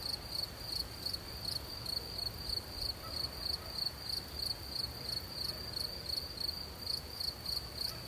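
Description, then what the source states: Cricket chirps ringing out clearly about three times a second, bright and high, with a faint low wind hum. In nature, with soft wind.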